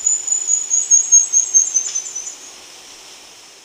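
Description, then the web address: Indigo flowerpiercer singing a very high, thin, buzzy trill of rapid pulses that fades out after about two and a half seconds, leaving soft hiss. Ecuador. "Birds of Ecuador. Indigo Flowerpiercer"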